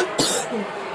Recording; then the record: coughing mixed with background sound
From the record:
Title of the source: 30 Chesty and wet cough